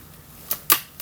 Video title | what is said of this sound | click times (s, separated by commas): LEGO Friends 2024 Adventure Camp Archery Range 42622 Complete Build & Review | hear that snap we're good | 0.7 s